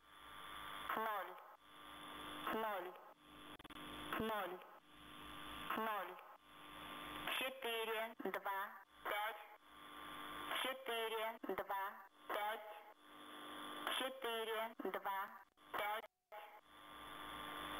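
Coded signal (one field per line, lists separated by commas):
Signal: numbers station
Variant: S06s, automated female voice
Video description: Ukrainian Number Station sends no message to spies. 425 00000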